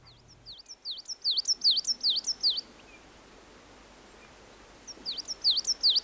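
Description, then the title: Coal tit singing several quick, thin, high two-note phrases, then a gap of over two seconds before another burst begins, over faint background hiss. "Viikon luontoääni: Kuusitiainen"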